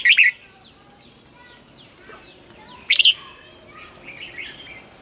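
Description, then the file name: Red-whiskered bulbul: two brief, sharp warbled bursts about three seconds apart, with soft scattered chirps in between. Huế strain bulbul singing in the giọng kép (double-voice) song style. "Tieng chao mao hue hot giong kep"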